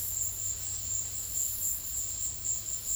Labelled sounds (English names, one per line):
none